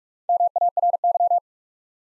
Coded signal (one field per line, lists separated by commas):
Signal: Morse code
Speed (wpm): 47 wpm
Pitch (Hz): 700 Hz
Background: none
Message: MARY